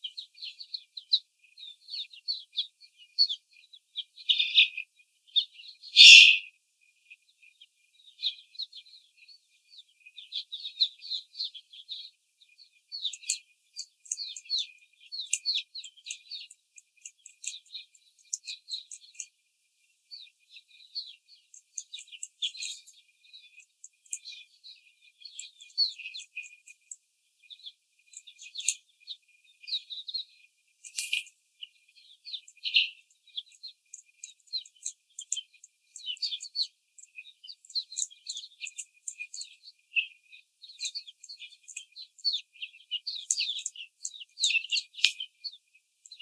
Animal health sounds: young laying hens in a cage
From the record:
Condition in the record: before the stressor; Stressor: simulated dog barking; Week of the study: 4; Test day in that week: 3

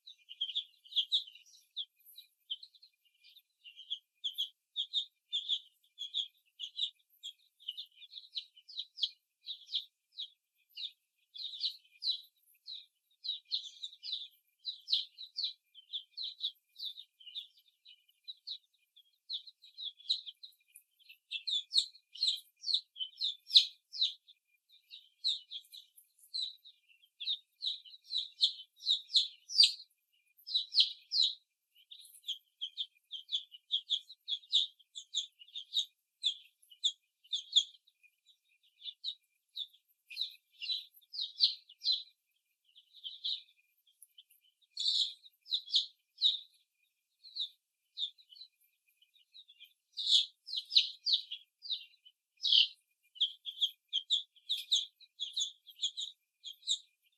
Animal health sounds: young laying hens in a cage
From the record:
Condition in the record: before the stressor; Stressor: simulated dog barking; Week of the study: 1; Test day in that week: 2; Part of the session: 3

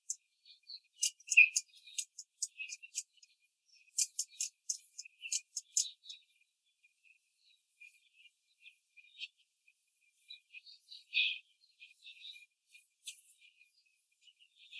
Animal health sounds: young laying hens in a cage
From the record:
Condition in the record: control cage, after the stress test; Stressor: none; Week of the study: 4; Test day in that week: 1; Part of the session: 4

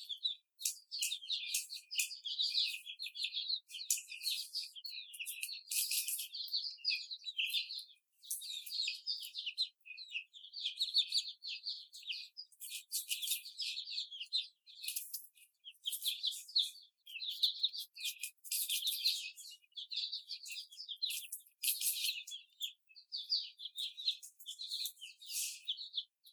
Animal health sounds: young laying hens in a cage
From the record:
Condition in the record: before the stressor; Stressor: simulated dog barking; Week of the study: 4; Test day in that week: 2

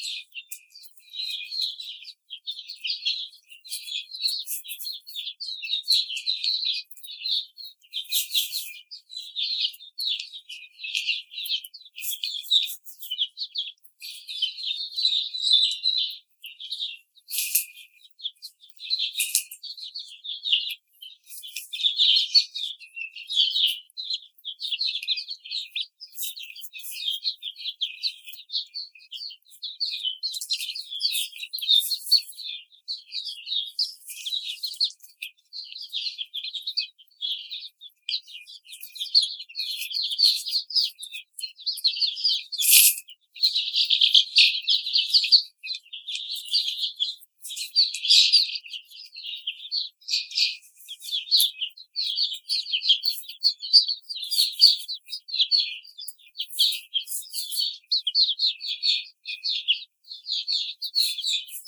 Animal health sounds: young laying hens in a cage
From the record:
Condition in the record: treatment cage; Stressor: simulated dog barking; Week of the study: 5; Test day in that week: 1

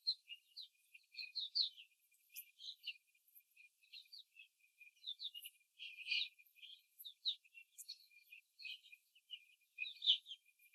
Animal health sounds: young laying hens in a cage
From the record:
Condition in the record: before the stressor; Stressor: simulated dog barking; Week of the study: 3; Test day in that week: 2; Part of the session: 4

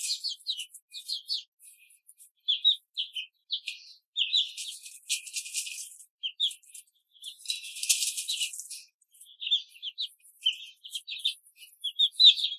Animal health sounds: young laying hens in a cage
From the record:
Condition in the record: control cage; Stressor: none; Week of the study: 5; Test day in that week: 1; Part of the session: 3

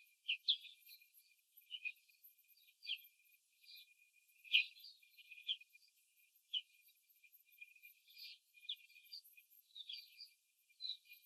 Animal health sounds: young laying hens in a cage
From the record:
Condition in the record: control cage, before the stress test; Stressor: none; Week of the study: 4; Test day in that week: 3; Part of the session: 1

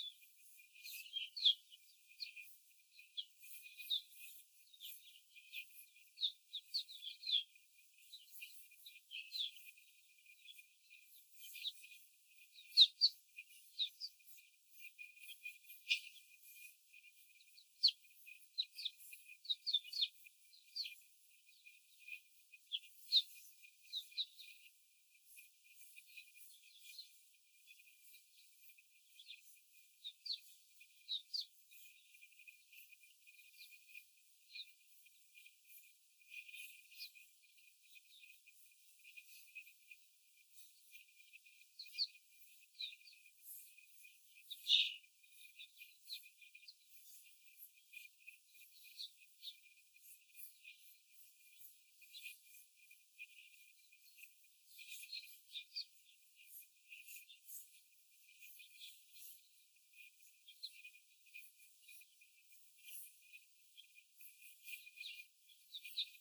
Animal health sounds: young laying hens in a cage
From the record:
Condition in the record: before the stressor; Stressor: simulated dog barking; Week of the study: 4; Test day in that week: 1

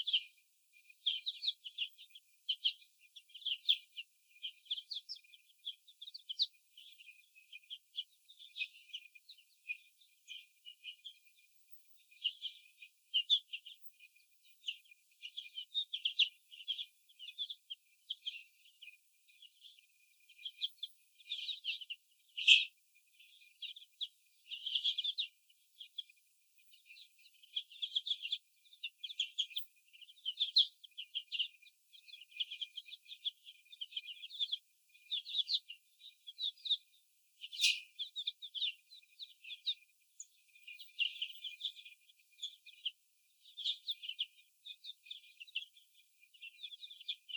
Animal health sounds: young laying hens in a cage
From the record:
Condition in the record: before the stressor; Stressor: sudden umbrella opening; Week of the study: 2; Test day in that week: 1

